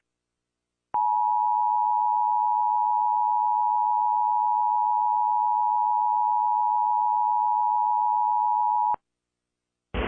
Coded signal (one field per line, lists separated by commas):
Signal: Emergency Alert System (SAME) tones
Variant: 853 and 960 Hz attention tone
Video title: EAS DirecTV: National Periodic Test (2016)